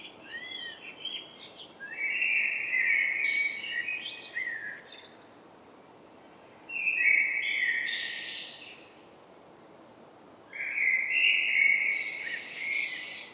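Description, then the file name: Eurasian blackbird song: three rich, fluty warbled phrases, each closing with a squeaky high flourish, separated by pauses of about one to two seconds. "Turdus merula"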